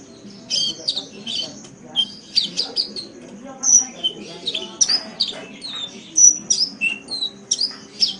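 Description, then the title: Oriental magpie-robin singing a busy, varied song of sharp whistles, chirps and slurred notes, delivered almost continuously with brief pauses. "Kicau Kacer"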